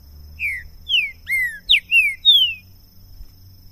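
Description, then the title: Green-winged saltator song: a loud phrase of about six clear whistled notes, some slurred downward and one rising, delivered quickly over two seconds. Two birds taken into the woods; song used to warm up a saltator and open its song for singing competition, with calling, singing and male-challenge singing; 2022. "Esse É PERFEITO Para ESQUENTAR Seu TRINCA Piando, Cantando E Macheando Na DISPUTA. LEVEI 2 TRINCA FERRO NO MATO!! PERFEITO PARA ABRIR O CANTO DO TRINCA FERRO!! 2022!"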